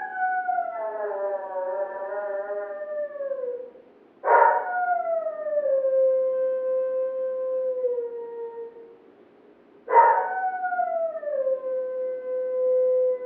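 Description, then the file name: Dog howling in long falling tones, each new howl set off by a sharp bark. Neighbours' dog barking. "Digiffects Sound Effects Library - Neighbours Dog Barking"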